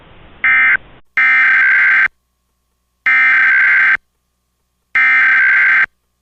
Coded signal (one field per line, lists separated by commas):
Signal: Emergency Alert System (SAME) tones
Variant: header bursts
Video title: EAS Mock "Tornado" Warning (Requested)